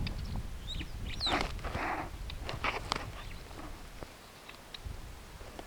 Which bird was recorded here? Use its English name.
Superb Starling